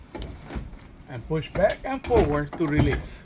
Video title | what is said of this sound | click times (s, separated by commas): April 16, 2024 | The safety latch locks in place | 0.2 s